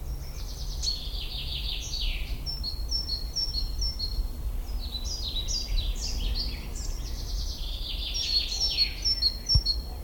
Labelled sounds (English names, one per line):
European Pied Flycatcher song